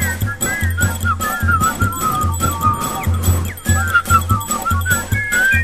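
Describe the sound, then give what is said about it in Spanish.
A person whistles a bright, bouncy melody of gliding high notes over a steady, pulsing bass beat, the tune carrying clearly and loudly from start to finish. “Esto es ….”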